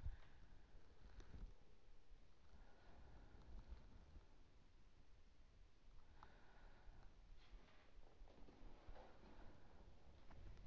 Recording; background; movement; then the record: deep breathing; quiet; sitting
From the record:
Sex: female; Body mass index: 18.3 kg/m2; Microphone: on the chest, facing outward